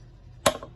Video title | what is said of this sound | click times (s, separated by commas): Nerf Courtier Assembly and Operation | until you hear that click | 0.5 s